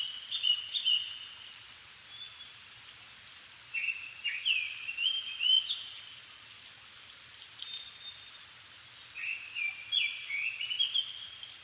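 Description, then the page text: Japanese thrush song: short whistled phrases with quick rising and falling notes, repeated in bursts every few seconds over a steady hiss. Nikko, Japan; recorded 7 May 2011 at 17:59, in the evening, at about 270 m, with a Sony PCM-D50 and Panasonic WM-61A mics. "kurotugumi 20110507-1759. Turdus cardis [Sounds -Nikko Today-]"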